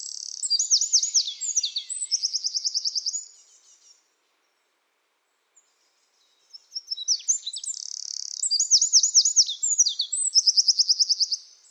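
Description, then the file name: Eurasian wren song: two loud, high, rapid bursts of tumbling notes and fast buzzy trills, separated by about three seconds of silence. "Troglodytes troglodytes"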